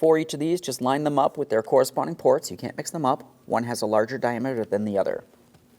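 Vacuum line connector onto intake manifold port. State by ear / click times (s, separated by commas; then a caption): not seated / none. Someone talks while handling a plastic vacuum line quick-connector being lined up to be pressed straight onto its port on the back of the plastic intake manifold of a 2015-2025 Ford Transit 250 3.7L V6 during a valve cover replacement. Nothing has seated or clicked yet; the clip ends just before the connector goes home.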